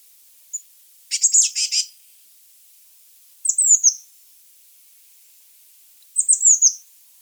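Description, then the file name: Eurasian blue tit calls: a buzzy churring burst, then two high, thin, descending trills spaced a few seconds apart. "Cyanistes caeruleus"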